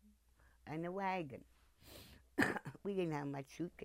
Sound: coughs

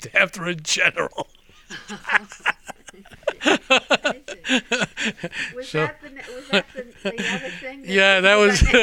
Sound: they laugh

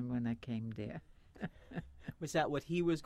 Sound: she laughs

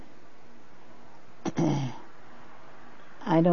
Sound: clears throat

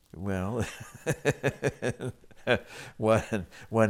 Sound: laughs

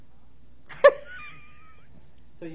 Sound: she laughs

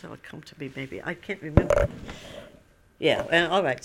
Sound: the microphone is disturbed

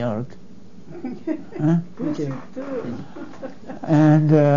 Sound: laughs

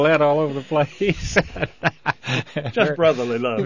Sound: they laugh

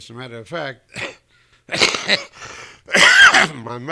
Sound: he coughs

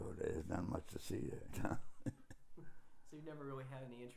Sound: chuckles

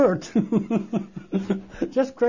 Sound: he laughs

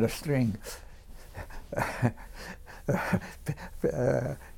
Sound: chuckles

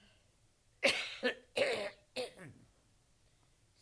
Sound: coughs

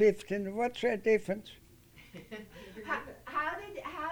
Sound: she laughs

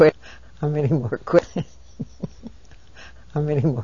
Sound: she laughs

